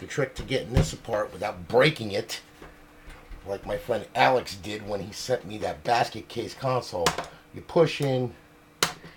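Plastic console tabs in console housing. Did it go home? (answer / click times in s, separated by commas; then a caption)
released / 8.8 s. Someone talks while pushing in on a plastic console to release the hidden tabs in the console housing so it comes apart without breaking. A sharp click sounds at 8.8 s as the tabs release.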